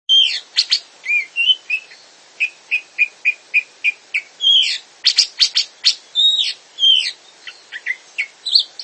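Grey-cheeked bulbul in lively song, a dense stream of repeated short whistles and harsh clicking notes with little pause between phrases.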